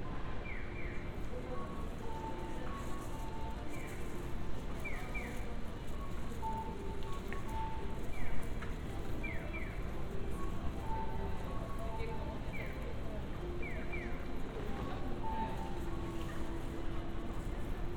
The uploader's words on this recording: 3D AUDIO Walking in Funabashi, Chiba,Japan. Let's take a walk together around Funabashi station, Chiba. Binaural audio.